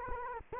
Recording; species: mosquito wingbeat signal from an infrared sensor; Culex quinquefasciatus